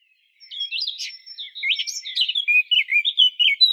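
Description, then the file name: Eurasian blackcap singing a busy, chattering warble of quick varied notes that grows louder and more clipped toward the end. "Sylvia atricapilla"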